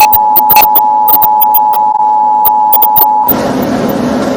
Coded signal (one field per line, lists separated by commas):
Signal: Emergency Alert System (SAME) tones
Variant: 853 and 960 Hz attention tone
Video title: TROLL! eas alarm breaks sound barrier